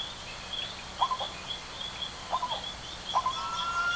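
Bird calls, a few short double-noted calls against a steady high hum.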